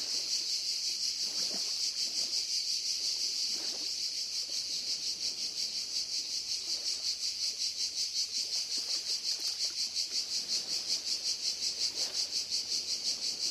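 Cicada song: a dense, high buzzing drone that throbs steadily about three times a second throughout.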